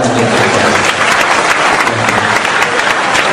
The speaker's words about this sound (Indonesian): tidak boleh lama karena sudah ada di tengah-tengah kita Cak Nun. Tepuk tangan yang seikhlas-ikhlasnya.